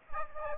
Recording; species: mosquito wingbeat signal from an infrared sensor; Aedes aegypti